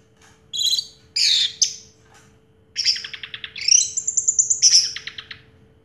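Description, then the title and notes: Orange-headed thrush song: bursts of high, buzzy trills and chattering notes, then a rapid run of repeated notes with a sustained whistled phrase, steady low hum beneath. Song in the teler style, described as having a clear voice; a complete collection of this bird's sounds. "Anis Merah Teler Suara Jernih. kumpulan suara anis merah lengkap"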